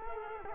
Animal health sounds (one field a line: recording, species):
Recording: mosquito wingbeat signal from an infrared sensor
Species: Culex quinquefasciatus